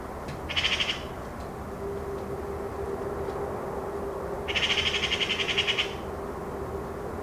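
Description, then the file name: Eurasian magpie chattering: a brief dry rattle, then a longer harsh, rapidly pulsed burst a few seconds later, with a faint steady hum underneath. "Pica pica"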